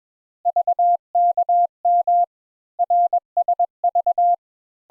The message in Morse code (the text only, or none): VKM RSV